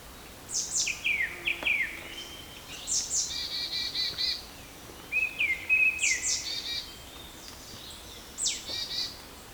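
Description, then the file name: Marsh tit calling: sharp, high notes sliding downward, followed by harsh buzzy chatters, repeated several times over a steady hiss of background noise. "Poecile palustris"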